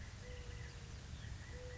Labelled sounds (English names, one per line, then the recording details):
Mourning Dove
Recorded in Sonoma County, California